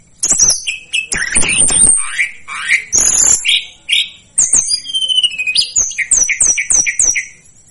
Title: Masteran Tledekan Gunung Sikatan Gunung